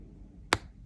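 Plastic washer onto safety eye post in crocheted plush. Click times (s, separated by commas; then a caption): 0.5 s. A plastic washer is pushed further onto a safety eye post in a crocheted plush, making one sharp, bright click at 0.5 s against a quiet background. The washer clicks further on and is seated.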